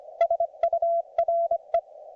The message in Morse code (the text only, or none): SURE